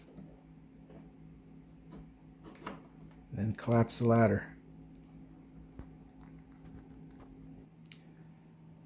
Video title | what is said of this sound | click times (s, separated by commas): Scratch Built Scale Pontoon Rescue Boat... | latches right here out of styrene so when you put it up it snaps into place | 2.7 s